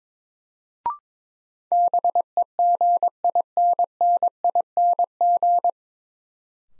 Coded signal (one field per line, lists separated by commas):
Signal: Morse code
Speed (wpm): 22 wpm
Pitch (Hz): 700 Hz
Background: none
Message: BEGINNING